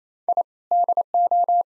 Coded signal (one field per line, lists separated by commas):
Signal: Morse code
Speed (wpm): 28 wpm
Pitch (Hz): 700 Hz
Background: none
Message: I DO